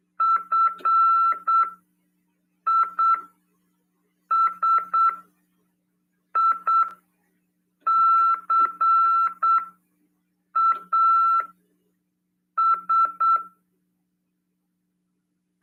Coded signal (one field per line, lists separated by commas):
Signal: Morse code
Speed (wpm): 8 wpm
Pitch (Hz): 1340 Hz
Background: none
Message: FISICAS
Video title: RADIOAMADOR 2ªEd. 21/12/2022 "AULA 48: CW, LEGIS e C.RODADA" FM 146.410 Mhz PY2EXU PAULO CRASP/RAF.